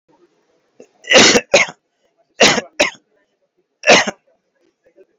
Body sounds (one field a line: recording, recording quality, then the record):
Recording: heavy voluntary cough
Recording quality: excellent, no background noise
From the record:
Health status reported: healthy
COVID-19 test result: negative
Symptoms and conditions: cough, diarrhoea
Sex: male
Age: 39 years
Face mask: not worn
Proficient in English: yes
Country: India